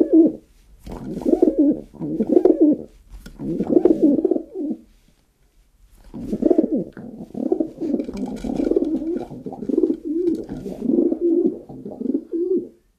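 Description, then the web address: Rock dove song: several short bursts of deep, gurgling coos, then a pause of about a second, followed by a longer steady run of throaty cooing. North America. "Songs of Birds of North America Stokes. Rock Dove"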